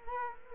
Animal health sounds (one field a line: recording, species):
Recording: mosquito wingbeat signal from an infrared sensor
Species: Culex quinquefasciatus